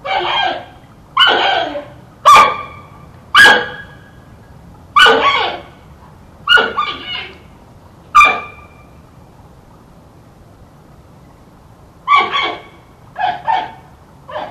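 Giant panda producing a run of sharp harmonic bleats and yelps, a quiet gap of several seconds, then a closing cluster of calls; faint background hum.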